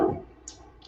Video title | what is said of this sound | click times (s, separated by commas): Carolyn Pollack Jewelry LIVE - 11 New to Limited Editions! | feel it click shut | 0.5 s